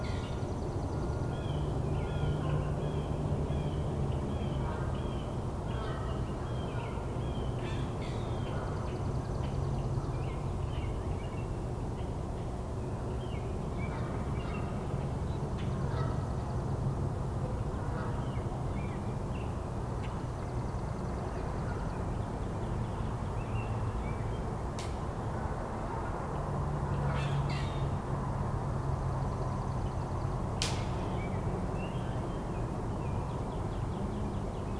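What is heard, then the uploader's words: Spring frogs and birds in a steady, dense wash of sound with a constant low rumble underneath. Repeated chirping calls run through the first fifteen seconds, and two sharp clicks stand out near 25 and 31 seconds, while the overall level stays even throughout. Listening to the Spring Frogs and Birds.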